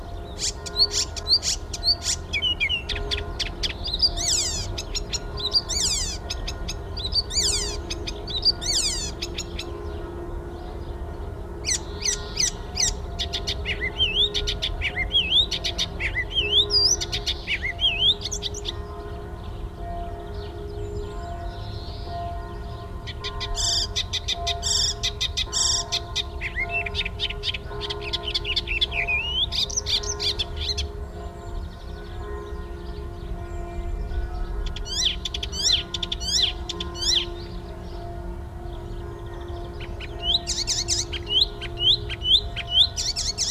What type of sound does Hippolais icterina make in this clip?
song